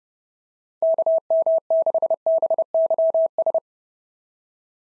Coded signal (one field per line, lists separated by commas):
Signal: Morse code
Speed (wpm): 29 wpm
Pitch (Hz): 650 Hz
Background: none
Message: KM6BYS